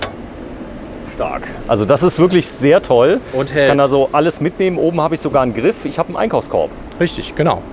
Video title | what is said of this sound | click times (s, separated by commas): E-Bike Cube 2020 Town Hybrid Pro RT 500 Bosch Active Line Plus 2020 Pedelec | Genau, ich setze es nochmal drauf, schiebe es nach vorne und jetzt sieht man hier den Klick. | 0.0 s